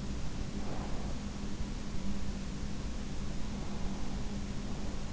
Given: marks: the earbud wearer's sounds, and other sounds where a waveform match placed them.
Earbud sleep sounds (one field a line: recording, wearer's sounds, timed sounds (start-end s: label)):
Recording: sounds in sleep by an in-ear microphone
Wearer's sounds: breath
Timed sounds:
0.08-1.74 s: breath